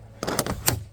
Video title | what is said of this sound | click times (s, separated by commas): How to Turn Any SUV into a Camper (With No Permanent Modifications!) – Honda Element #camping | and that is locked too | 0.7 s